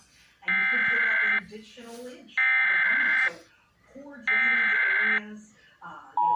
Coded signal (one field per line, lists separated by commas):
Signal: Emergency Alert System (SAME) tones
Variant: header bursts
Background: speech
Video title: TFT Relay: EMnet SVR (4/13/20)(EAS #312)